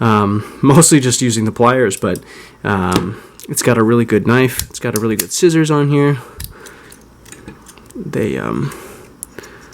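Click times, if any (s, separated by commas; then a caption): 9.2 s. Someone talks about a pocket multi-tool, then opens its scissors. A few faint handling clicks follow, and the scissors snap sharply into their locked position at 9.2 s.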